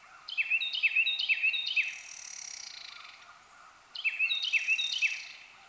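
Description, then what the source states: Carolina wren song, a loud ringing phrase of several repeated rolling, downslurred notes, then after a pause the same phrase again. Recorded 1 January 2015.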